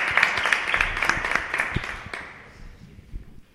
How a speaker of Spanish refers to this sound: Muy bien, un aplauso